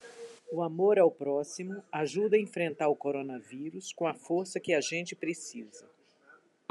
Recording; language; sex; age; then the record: spoken sentence; Brazilian Portuguese; female; 50 to 59 years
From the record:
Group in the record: control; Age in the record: 57 years